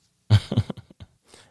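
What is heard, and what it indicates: A loud, deep cough burst is followed by a quick run of smaller, fading coughs, all within about a second. The sounds are low-pitched and chesty, with no speech. It is a single short coughing bout from an adult in a quiet room.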